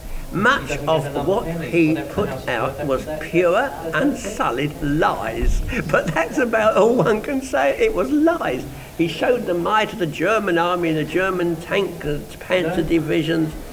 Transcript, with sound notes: Much of what he put out was pure unsullied lies! [laughs] But that's about all one can say. It was lies! He showed the might of the German Army and the German tanks Panzer Division.